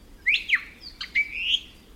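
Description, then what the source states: ʻIʻiwi calls, a few squeaky, rising and falling whistled notes followed by a longer slurred whistle, in a quiet background. Hawaiian honeycreeper; darts very quickly from flower to flower.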